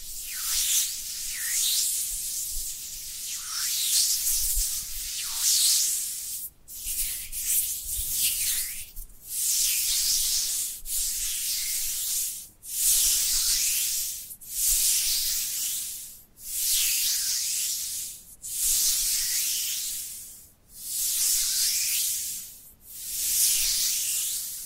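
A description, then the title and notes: Dry hands rub together in repeated strokes, a bright, hissy swishing like sanding. Each stroke lasts about two seconds, separated by short gaps, and the rhythm grows steady and regular after the first few seconds. Faint low rumble underneath. Dry Dry Hand Sounds. (No Talking).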